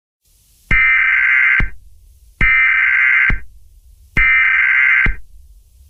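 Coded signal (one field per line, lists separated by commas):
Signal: Emergency Alert System (SAME) tones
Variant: header bursts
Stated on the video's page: Fictional EAS scenario based on a film.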